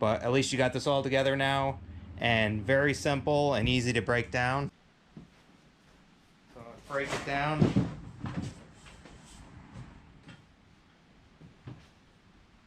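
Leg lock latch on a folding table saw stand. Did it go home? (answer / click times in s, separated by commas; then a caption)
no / none. Someone talks while breaking down a DeWalt DW7440RS folding table saw stand, then squeezes the leg release on a metal leg to fold it, producing light handling clatter and a sharp knock at about 8.3 seconds. Nothing has clicked or seated yet; the clip ends before the leg lock latch clicks home.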